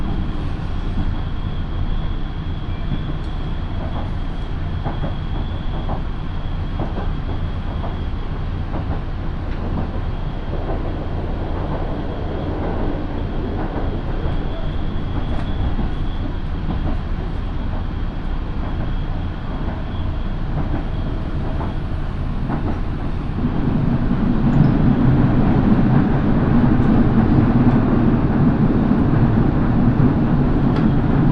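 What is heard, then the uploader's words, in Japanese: A local train rides the Minobu Line from Fuji toward Shibakawa, a steady low rumble of wheels and motor with faint rail clicks through the first twenty seconds and a thin whine above. Around 23 seconds the rumble thickens and grows louder, holding to the end. 身延線 富士→芝川。身延線を各駅停車で乗り通します。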